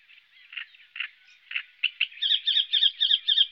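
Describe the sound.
Great reed warbler song: a few slow, rasping croaks give way to a rapid run of loud, repeated two-part grating notes, roughly four or five per second.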